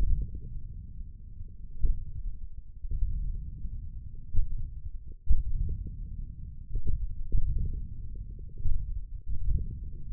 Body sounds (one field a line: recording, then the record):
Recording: forearm muscle sounds (acoustic myography)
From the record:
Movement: wrist extension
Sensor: system 1, eight BSWA MPA416 microphones around the upper forearm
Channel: 1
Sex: male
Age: 20 years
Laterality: left